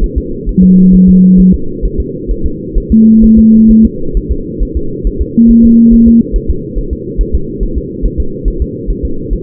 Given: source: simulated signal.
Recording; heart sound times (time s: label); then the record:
fetal heart sounds
0.04 s: S1
0.18 s: S2
0.49 s: S1
0.64 s: S2
0.94 s: S1
1.09 s: S2
1.40 s: S1
1.54 s: S2
1.85 s: S1
2.00 s: S2
2.31 s: S1
2.46 s: S2
2.78 s: S1
2.92 s: S2
3.24 s: S1
3.39 s: S2
3.71 s: S1
3.85 s: S2
4.17 s: S1
4.32 s: S2
4.63 s: S1
4.77 s: S2
5.07 s: S1
5.21 s: S2
5.51 s: S1
5.65 s: S2
5.94 s: S1
6.08 s: S2
6.36 s: S1
6.50 s: S2
6.79 s: S1
6.93 s: S2
7.21 s: S1
7.35 s: S2
7.63 s: S1
7.78 s: S2
8.06 s: S1
8.20 s: S2
8.48 s: S1
8.62 s: S2
8.90 s: S1
9.05 s: S2
9.33 s: S1
From the record:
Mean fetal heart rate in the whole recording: 135 bpm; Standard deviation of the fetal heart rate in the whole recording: 3 bpm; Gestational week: 36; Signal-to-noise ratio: -8.1 dB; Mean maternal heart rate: 72 bpm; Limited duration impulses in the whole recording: present